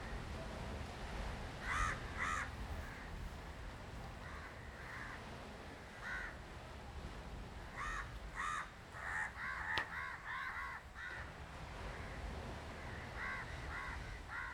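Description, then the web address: Crow caws, harsh and nasal, scattered throughout over constant background noise. Street in South India, 2018. "South India street recordings crows"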